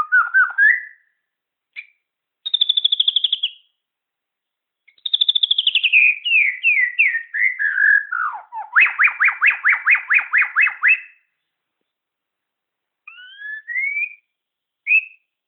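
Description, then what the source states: Shama song: short whistled notes, a high rapid trill, a fast descending series of notes, then a long rapid rhythmic run of upswept notes, followed by a few scattered rising whistles. Bornean form (murai Borneo).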